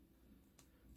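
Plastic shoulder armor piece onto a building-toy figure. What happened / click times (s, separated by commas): The plastic piece snapped into place / 0.6 s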